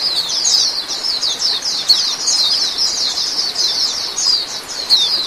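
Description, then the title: Oriental magpie-robin song: a dense, unbroken stream of rapid high chattering and twittering notes, continuing without pauses throughout, over a faint steady hiss. "Kicau Kacer"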